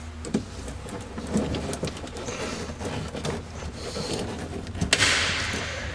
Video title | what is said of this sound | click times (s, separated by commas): Fixing A Broken Power Window 2002 Saab 9-5 Turbo - EricTheCarGuy | You'll hear the pop. Yay. | 4.9 s